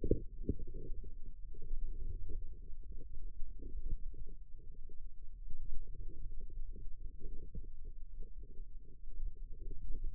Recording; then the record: forearm muscle sounds (acoustic myography)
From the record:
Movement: wrist flexion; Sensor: system 2, bracelet of six BSWA MPA416 microphones around the upper forearm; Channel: 6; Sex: female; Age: 22 years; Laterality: right